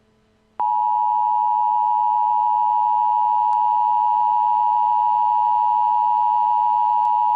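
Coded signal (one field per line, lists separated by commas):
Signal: Emergency Alert System (SAME) tones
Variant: 853 and 960 Hz attention tone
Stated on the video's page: Simulated Emergency Alert System scenario, not a real alert.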